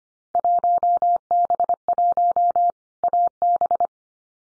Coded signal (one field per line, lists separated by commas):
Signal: Morse code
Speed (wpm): 25 wpm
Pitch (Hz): 700 Hz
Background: none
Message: 1B1 AB